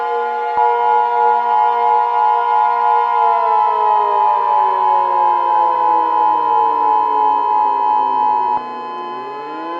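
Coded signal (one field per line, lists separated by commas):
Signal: Emergency Alert System (SAME) tones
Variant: 853 and 960 Hz attention tone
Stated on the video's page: Fictional EAS scenario.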